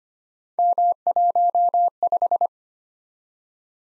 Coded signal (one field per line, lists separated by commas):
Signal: Morse code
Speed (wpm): 25 wpm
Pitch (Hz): 700 Hz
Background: none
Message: M15